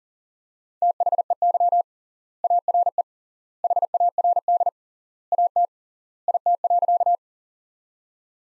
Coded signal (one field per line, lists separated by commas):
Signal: Morse code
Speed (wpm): 37 wpm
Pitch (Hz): 700 Hz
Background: none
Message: THEY ARE HARD AT IT.